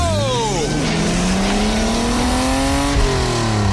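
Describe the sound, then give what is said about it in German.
The engine of race car number 12 drops in pitch, then climbs steadily in a loud, buzzing whine as it accelerates out of the pit lane after new wheels are fitted, with a brief shift near the end before the revs keep rising. “Achtung, Wagen Nummer 12 biegt in die Boxengasse ein. Das Auto läuft klasse.”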